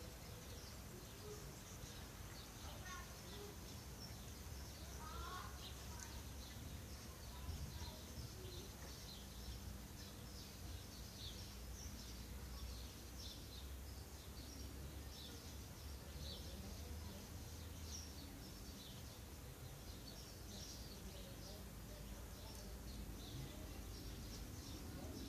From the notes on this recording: City sounds and all around recording from my garden